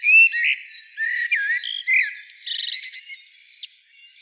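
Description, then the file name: Eurasian blackbird phrase: several smooth fluted notes, then a fast rattling burst and a thin, wavering high whistle. "Turdus merula"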